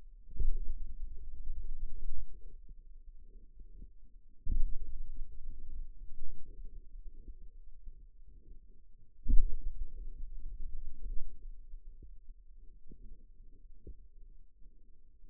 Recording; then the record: forearm muscle sounds (acoustic myography)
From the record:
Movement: finger pinch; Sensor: system 2, bracelet of six BSWA MPA416 microphones around the upper forearm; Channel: 5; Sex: male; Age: 22 years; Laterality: right